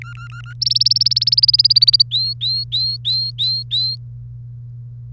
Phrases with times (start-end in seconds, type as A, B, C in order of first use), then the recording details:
0.02-0.53 A, 0.61-2.02 B, 2.11-3.96 C. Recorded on 1 May 2018 at 08:04. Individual llb3